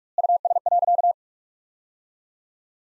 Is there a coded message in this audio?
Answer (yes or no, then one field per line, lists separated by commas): yes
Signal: Morse code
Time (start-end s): 0.2-1.1 s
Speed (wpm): 42 wpm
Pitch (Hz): 700 Hz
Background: none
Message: US.